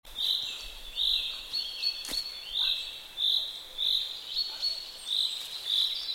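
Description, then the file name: Common chaffinch giving a series of short, bright call notes over a thin, steady high tone. "Fringilla coelebs"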